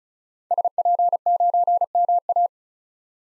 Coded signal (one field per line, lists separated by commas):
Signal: Morse code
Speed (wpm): 36 wpm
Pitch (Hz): 700 Hz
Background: none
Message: SP9MA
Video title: 2023 SOTA Activator Call Signs - 35wpm